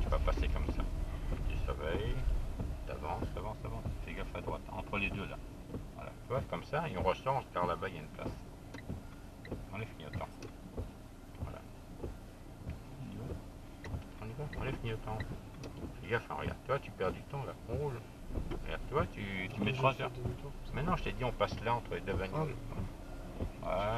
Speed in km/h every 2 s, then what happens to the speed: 12, 7, 1, 0, 0, 0, 0, 0, 0, 1, 2, 5.
0-4 slows to 1. 4-20 standing.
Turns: none.